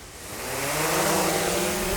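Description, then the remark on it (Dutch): A small, shop-bought consumer drone, of the kind Ukrainian armed forces use as a weapon, lifts off during a training session at a drone academy in Ukraine, with a steady, high-pitched buzzing whine that swells in loudness and rises slightly in pitch as its motors spin up, with no voices. “Dit is het geluid dat elke soldaat aan het front angst inboezemt. Dit zijn kleine drones die je gewoon in de winkel kan kopen, maar de Oekraïnse strijdkrachten gebruiken ze nu als effectief wapen tegen de Russen.”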